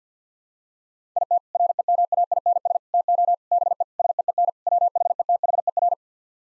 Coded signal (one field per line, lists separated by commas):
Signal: Morse code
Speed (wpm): 50 wpm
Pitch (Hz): 700 Hz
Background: none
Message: IT REMAINS TO BE SEEN WHETHER